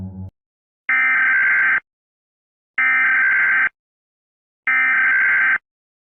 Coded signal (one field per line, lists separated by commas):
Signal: Emergency Alert System (SAME) tones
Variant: header bursts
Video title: Every EAS Alarm From Around The World (3)